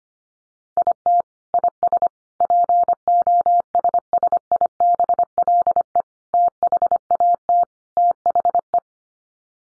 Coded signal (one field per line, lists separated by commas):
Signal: Morse code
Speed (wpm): 25 wpm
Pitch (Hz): 700 Hz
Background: none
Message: IT IS POSSIBLE THAT THE